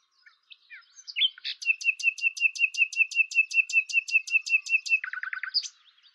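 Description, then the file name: Common nightingale song: a rich phrase opening with scattered notes, then a long fast rhythmic series of loud repeated clicking notes, ending in a lower rapid burst. "Luscinia megarhynchos"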